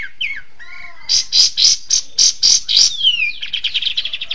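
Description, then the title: Bird song, a rapid run of loud buzzy notes and sharp chips after a few slurred whistles, ending in a fast trilled series. Recording used as masteran, a tutor song for training birds. "Suara masteran Burung"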